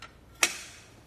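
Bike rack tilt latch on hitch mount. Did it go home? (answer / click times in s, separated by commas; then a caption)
yes / 0.4 s. The tilt latch on a hitch-mounted RockyMounts MonoRail two-bike platform rack, fitted to a 2018 Jeep Grand Cherokee, is lifted back up from its tilted position. A faint tick at the start is followed by a sharp, bright metallic click at 0.4 s that fades quickly. The latch clicks and locks, seating the rack in its upright position.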